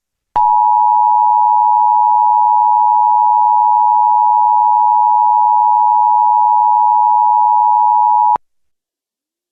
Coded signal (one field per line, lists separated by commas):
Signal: Emergency Alert System (SAME) tones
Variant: 853 and 960 Hz attention tone